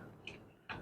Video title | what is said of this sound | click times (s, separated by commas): घर पर PC/Computer Assemble करना सीखें - How to Assemble a PC at Home | lock हो जाएगा यह। | 0.3 s, 0.7 s